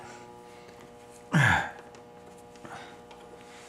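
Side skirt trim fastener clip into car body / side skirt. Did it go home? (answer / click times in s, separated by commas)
no / none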